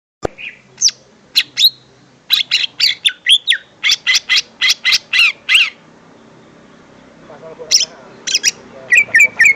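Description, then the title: Greater green leafbird song: scattered high chips, then a long rapid series of buzzy, chattering notes about four per second, a pause, and more bright whistled notes at the end. "Kicau Burung Cucak Ijo"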